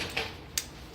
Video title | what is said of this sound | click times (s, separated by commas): Save Money Working Home 2002-2009 Audi A8 Spark Replacement | that work you heard it click right click off let me do the other one that | 0.6 s